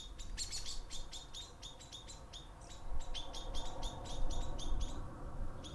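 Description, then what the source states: Bird singing: quick, high chirps repeated in a rapid, uneven series over a low background rumble. Recorded with cars passing by.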